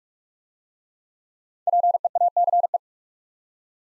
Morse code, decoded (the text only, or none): PEACE